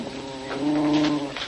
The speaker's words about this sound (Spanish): No se preocupe, señora. Es el gato.